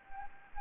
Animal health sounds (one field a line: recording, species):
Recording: mosquito wingbeat signal from an infrared sensor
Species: Anopheles gambiae